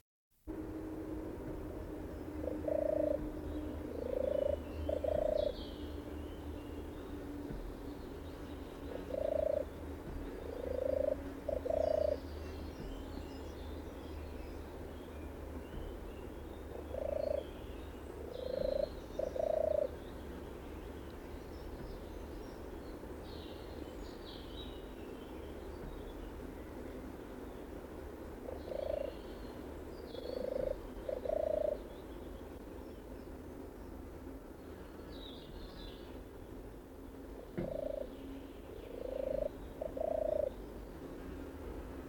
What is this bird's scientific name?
Streptopelia turtur